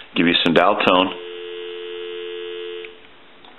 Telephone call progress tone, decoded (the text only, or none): dial tone